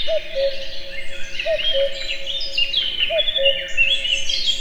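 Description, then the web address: Common cuckoo sounding three descending two-note calls, spaced a second and a half apart, amid lively high-pitched birdsong. Wild, in nature, in a forest full of many bird voices, near Egerturistaház, Hungary. "allathangok termeszetben kakukk sokhanguerdo egerturistahaz"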